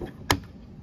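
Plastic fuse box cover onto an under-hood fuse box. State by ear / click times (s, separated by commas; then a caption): seated / 0.3 s. A plastic fuse box cover is pressed back onto the under-hood fuse box of a 2003 Chevrolet Trailblazer after the fuel pump relay is reinserted during a fuel filter replacement. It snaps into place with one sharp, bright click at 0.3 s, standing out against quiet low background noise. The cover is seated.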